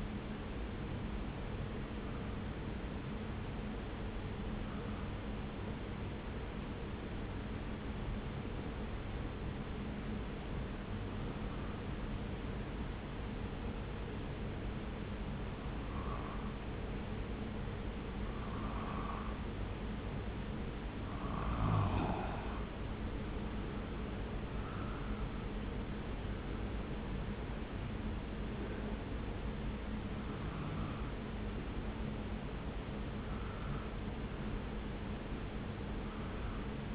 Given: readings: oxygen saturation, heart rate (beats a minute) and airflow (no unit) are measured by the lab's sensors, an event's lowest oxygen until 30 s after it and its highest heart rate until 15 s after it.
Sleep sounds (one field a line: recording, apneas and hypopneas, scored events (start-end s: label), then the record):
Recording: breathing in sleep by a voice recorder at the bedside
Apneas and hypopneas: 1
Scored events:
3.00-23.50 s: hypopnea (N2, oxygen 96% highest, then 88% lowest)
27.00-36.95 s: new sleep stage, N1 (lightest sleep)
From the record:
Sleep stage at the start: N2 (light sleep)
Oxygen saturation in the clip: 89 to 96%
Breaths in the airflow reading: 12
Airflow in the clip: -1.2 to 2.2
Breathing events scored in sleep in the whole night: 335 in 6.7 hours asleep